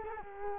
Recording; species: mosquito wingbeat signal from an infrared sensor; Culex quinquefasciatus